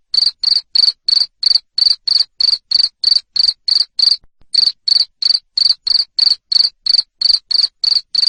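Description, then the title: Cricket producing loud, high-pitched chirps in a steady stream about three a second, with one short gap partway through. Loud cricket chirping used to stimulate lovebirds into continuous ngekek singing. "Suara JANGKRIK NGERIK Keras Bikin LOVEBIRD Jadi NGEKEK Terus Vubey"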